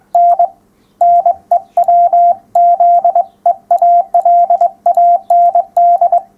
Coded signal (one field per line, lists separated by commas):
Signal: Morse code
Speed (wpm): 22 wpm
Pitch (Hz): 700 Hz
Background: none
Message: N NEW ZEALAND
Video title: 975. Morse Code part 3 of 3. 11m37s